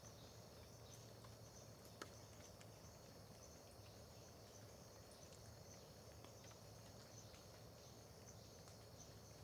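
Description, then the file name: Steady shrill cricket chorus over a low droning hum, with a sharp click near two seconds and faint scattered ticks. Dawn ambience in Terra Ronca park near the road, with dripping water also present; AB stereo recording. "Ambiencia parque terra ronca perto da estrada amanhecer com bacurau, gotejar, grilos"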